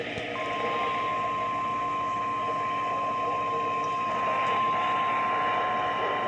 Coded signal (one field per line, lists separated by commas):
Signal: Emergency Alert System (SAME) tones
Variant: 1050 Hz attention tone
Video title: Severe Floods|EAS Alerts from 8/13/25